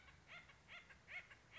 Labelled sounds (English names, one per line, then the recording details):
Acorn Woodpecker
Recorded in Sonoma County, California